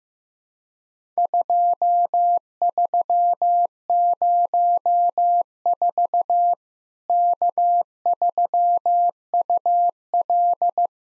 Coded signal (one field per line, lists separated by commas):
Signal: Morse code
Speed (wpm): 15 wpm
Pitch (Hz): 700 Hz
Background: none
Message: 2304 K3UL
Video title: Worked All Europe DX Contest QTC Exchange 15wpm